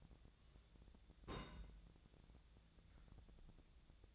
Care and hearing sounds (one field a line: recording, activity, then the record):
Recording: daily activity, microphone in the room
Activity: place on stove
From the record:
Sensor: 3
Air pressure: 1009.9 hPa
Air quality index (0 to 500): 187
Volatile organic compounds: 14 ppm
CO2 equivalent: 2434 ppm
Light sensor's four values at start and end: 42/104/45/48 and 42/104/44/48